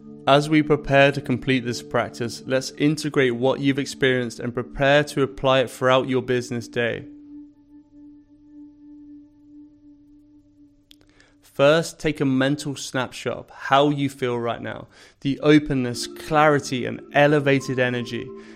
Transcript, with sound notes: As we prepare to complete this practice, let's integrate what you've experienced and prepare to apply it throughout your business day. [Pause 5 seconds] First, take a mental snapshot of how you feel right now – the openness, clarity, and elevated energy.